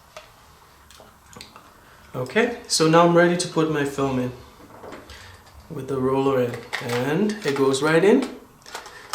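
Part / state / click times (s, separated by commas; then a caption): 120 film insert into medium format camera film back / seated / 9.1 s. Someone talks while a loaded 120 film insert, roller in, is pushed into the film back of a Mamiya M645 medium format camera, with a few faint handling taps along the way. The insert latches with a sharp click at 9.1 s, seated in place.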